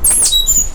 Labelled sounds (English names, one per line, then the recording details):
Stitchbird song
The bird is a male
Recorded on Tiritiri Matangi Island, New Zealand, in 2005
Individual 1, of nest box 1